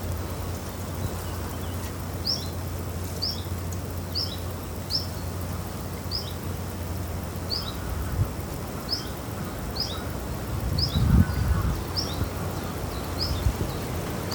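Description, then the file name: Common chiffchaff song, thin paired notes, high then slightly lower, coming about once a second, over low hum with a brief thump near the end. "zilpzalp"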